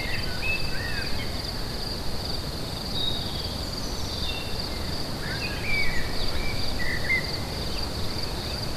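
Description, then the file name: Crickets give a steady, high-pitched, continuous trill, while scattered short bird chirps and whistles come over a strong low rumble. Crickets recorded with birds at Lacoux on 22 May 2016, on an MZ-N710 recorder. "Grillons et oiseaux Lacoux 22 05 16"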